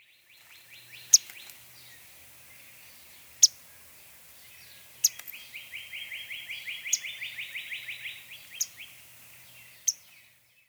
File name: yellow-throated warbler